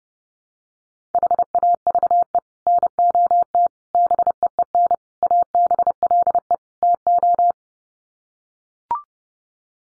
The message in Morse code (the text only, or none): HAVE NOT BEEN ABLE TO